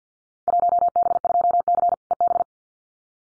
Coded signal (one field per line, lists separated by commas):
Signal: Morse code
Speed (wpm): 50 wpm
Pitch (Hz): 700 Hz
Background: none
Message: 1B2C EB